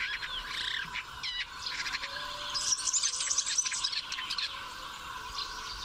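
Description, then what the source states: Southern grey shrike singing a busy, scratchy jumble of high chirps, twitters and squeaky notes that run continuously, with a faint steady tone underneath. Candidate for bird of the year; described as noisy and songful; lives in Mediterranean Spain and the Canary Islands, perching high on cables, posts and bush tops.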